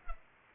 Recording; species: mosquito wingbeat signal from an infrared sensor; Culex pipiens